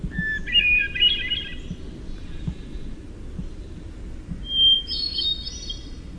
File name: HETH song